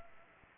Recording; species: mosquito wingbeat signal from an infrared sensor; Anopheles gambiae